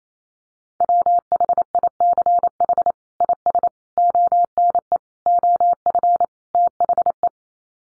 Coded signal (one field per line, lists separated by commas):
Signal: Morse code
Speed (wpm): 28 wpm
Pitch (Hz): 700 Hz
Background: none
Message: WHICH IS ONE OF THE